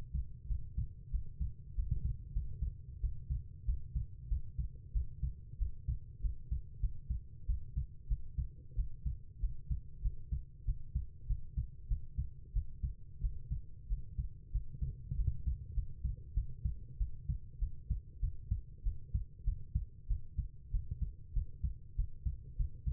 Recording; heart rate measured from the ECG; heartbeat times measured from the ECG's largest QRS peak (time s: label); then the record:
heart sounds by stethoscope; 95 bpm
0.48 s: heartbeat
1.12 s: heartbeat
1.76 s: heartbeat
2.34 s: heartbeat
3.01 s: heartbeat
3.66 s: heartbeat
4.29 s: heartbeat
4.93 s: heartbeat
5.59 s: heartbeat
6.22 s: heartbeat
6.81 s: heartbeat
7.47 s: heartbeat
8.09 s: heartbeat
8.76 s: heartbeat
9.41 s: heartbeat
10.02 s: heartbeat
10.66 s: heartbeat
11.27 s: heartbeat
11.88 s: heartbeat
12.53 s: heartbeat
13.21 s: heartbeat
13.89 s: heartbeat
14.52 s: heartbeat
15.17 s: heartbeat
15.75 s: heartbeat
16.34 s: heartbeat
16.98 s: heartbeat
17.59 s: heartbeat
18.20 s: heartbeat
18.84 s: heartbeat
19.45 s: heartbeat
20.08 s: heartbeat
20.71 s: heartbeat
21.34 s: heartbeat
21.96 s: heartbeat
22.57 s: heartbeat
From the record:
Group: healthy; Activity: breath hold 0-22 s, rest 22-23 s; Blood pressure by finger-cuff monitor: 120/86 mmHg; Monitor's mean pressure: 97 mmHg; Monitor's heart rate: 94 bpm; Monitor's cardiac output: 7.3 L/min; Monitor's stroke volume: 76 mL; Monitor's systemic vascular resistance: 980 dyn s/cm5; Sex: female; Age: 19 years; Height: 163 cm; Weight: 51 kg